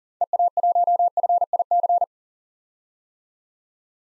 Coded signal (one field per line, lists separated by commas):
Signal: Morse code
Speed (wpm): 40 wpm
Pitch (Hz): 700 Hz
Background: none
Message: EA1FIC